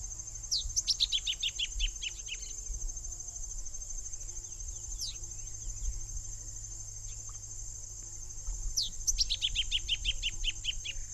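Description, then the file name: Masked yellowthroat song: two bright bursts of rapid descending notes, with a steady high insect drone throughout. "Geothlypisaequinoctialis"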